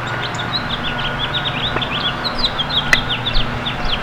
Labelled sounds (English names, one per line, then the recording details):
House Finch song
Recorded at Babylon on Long Island, New York, on 18 May 2013
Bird F